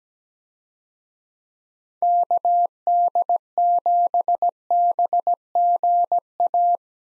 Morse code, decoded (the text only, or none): KD7BGA